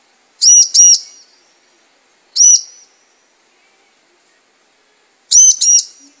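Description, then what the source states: Bar-winged prinia call: high, sharp notes in three short bursts, the first and last doubled, with silence between. Bird training ('terapi') recording for ciblek, meant for birds that have stopped singing ('macet').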